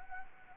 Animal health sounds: mosquito wingbeat signal from an infrared sensor; Anopheles gambiae

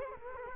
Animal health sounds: mosquito wingbeat signal from an infrared sensor; Culex quinquefasciatus

